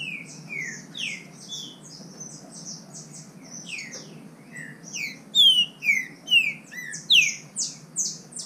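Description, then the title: Green-winged saltator song, a run of slurred downward whistles, growing louder and clearer in the second half, with high thin notes above and steady low background hiss. Wild bird in the woods, nicknamed Nicão, singing in contest with another free-living bird. "Trinca Ferro NICÃ O No Mato Disputando Com Solto"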